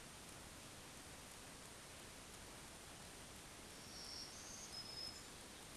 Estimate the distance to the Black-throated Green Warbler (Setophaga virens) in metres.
about 20 m